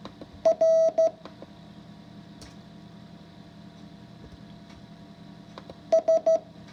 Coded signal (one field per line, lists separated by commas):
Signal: Morse code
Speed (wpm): 13 wpm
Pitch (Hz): 650 Hz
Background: none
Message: R S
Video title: If I can learn morse code, so can you. Lesson 5 practice.